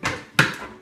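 A wet-vac adapter lid is pressed onto a plastic pail and snaps into place with a sharp click at 0.4 s, after a softer knock at the start. The lid is seated.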